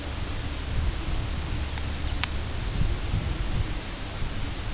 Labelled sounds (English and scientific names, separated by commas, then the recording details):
Lapland Longspur (Calcarius lapponicus)
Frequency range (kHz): Lapland Longspur (Calcarius lapponicus) 2.7-4.2 kHz
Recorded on Arctic tundra, site UTQI-2, on 10 June 2019
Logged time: 16:00